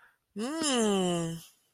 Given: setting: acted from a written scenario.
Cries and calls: vocal sound without words; desire

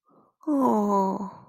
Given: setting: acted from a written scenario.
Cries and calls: vocal sound without words; sadness

